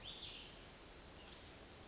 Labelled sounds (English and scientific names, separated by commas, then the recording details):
Cassin's Vireo (Vireo cassinii)
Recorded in Sonoma County, California